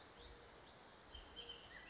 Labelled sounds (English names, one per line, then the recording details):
Bullock's Oriole
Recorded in Sonoma County, California